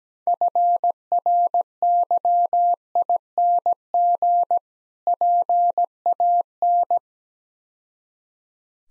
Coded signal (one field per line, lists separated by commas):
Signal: Morse code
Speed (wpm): 18 wpm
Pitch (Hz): 700 Hz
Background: none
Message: FRYING PAN